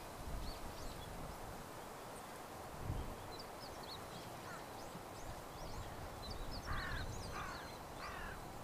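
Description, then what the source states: Birds calling: thin high chirps and squeaks throughout, then three loud harsh caws near the end. Morning walk through grass along a riverbank; the walker pauses at times to listen to the birds.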